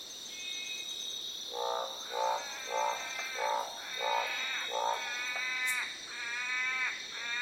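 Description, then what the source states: Northern barred frog croaking in a series of short, gruff notes, growing raspier, under a persistent whining insect chorus. Several frogs croaking.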